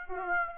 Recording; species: mosquito wingbeat signal from an infrared sensor; Aedes aegypti